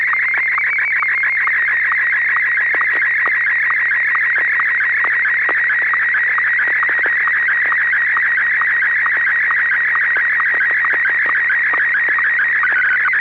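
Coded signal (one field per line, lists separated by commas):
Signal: SSTV (slow-scan television)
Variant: PD120 mode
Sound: warbling, constantly shifting whistle with rapid regular ticks, steady through the clip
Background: low electrical hum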